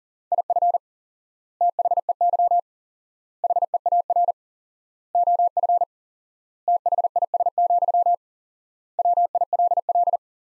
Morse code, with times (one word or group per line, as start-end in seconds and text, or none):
0.3-0.8 IF
1.6-2.6 THEY
3.4-4.3 HEAR
5.1-5.8 OF
6.7-8.1 THIS,
9.0-10.2 WILL